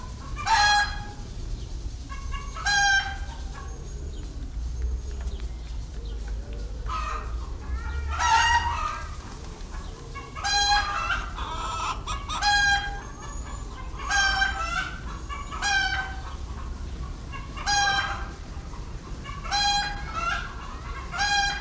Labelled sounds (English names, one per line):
Red Junglefowl call